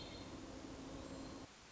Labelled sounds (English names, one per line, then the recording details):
Hermit Thrush
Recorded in Sonoma County, California